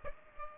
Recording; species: mosquito wingbeat signal from an infrared sensor; Aedes aegypti